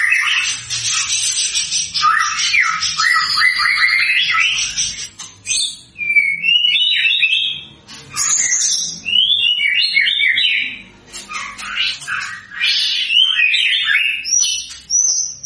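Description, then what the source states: White-rumped shama delivering a lengthy medley of rapid chattering trills, clear whistles and descending slurred phrases, phrases separated by short pauses. Lure recording of a white-rumped shama singing vigorously, meant to provoke an immediate response.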